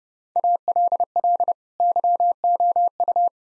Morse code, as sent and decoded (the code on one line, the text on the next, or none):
.- .-.. .-.. / -.-- --- ..-
ALL YOU